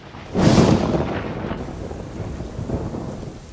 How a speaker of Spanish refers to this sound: cuando al llegar a una de las últimas curvas, un trueno hizo retumbar el valle entre montañas en el que ahora nos encontrábamos, y segundos después una tupida lluvia descargó sobre nosotros.